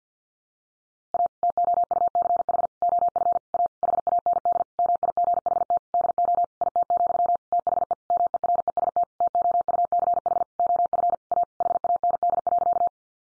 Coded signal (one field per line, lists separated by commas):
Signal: Morse code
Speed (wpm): 50 wpm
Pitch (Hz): 700 Hz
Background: none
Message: A TOUCH OF A HAND MIGHT DO IT, THE MEREST TOUCH OF A HAND.